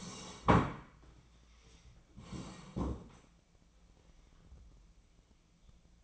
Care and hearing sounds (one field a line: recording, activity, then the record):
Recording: daily activity, microphone in the room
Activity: sit down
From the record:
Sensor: 1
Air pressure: 1012.3 hPa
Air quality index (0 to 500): 174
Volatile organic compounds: 3 ppm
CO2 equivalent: 1424 ppm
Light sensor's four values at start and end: 45/122/50/61 and 45/121/49/60